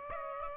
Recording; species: mosquito wingbeat signal from an infrared sensor; Aedes aegypti